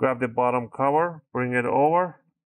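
Someone talks while the plastic bottom cover of an Asus X510Q laptop is brought over to be pressed down so its edge clips snap into the chassis. Only speech is heard, and nothing has seated or clicked yet.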